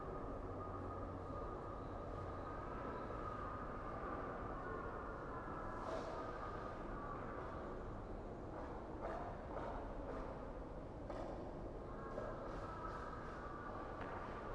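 Wandering in Kanazawa, with a steady, dense rumble like a moving train carriage filling the low and middle range throughout. Faint brighter clicks and scrapes surface around six seconds and again between nine and thirteen seconds, while the loudness stays nearly constant.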